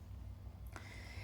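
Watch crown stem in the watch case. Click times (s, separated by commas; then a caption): 0.7 s, 0.8 s. The metal crown and stem of an analog chronograph watch are pulled out one notch from the watch case, to the first date and day setting position instead of all the way out. Over a low steady hum, two brief sharp ticks are heard at 0.7 s and 0.8 s, the second louder. This is the single detent click of the crown reaching its first position.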